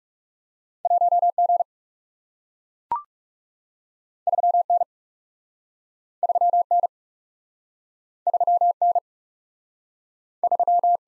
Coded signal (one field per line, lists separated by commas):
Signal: Morse code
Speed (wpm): 40 wpm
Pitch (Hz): 700 Hz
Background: none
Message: 1 G 3 N 3 N 3 N 3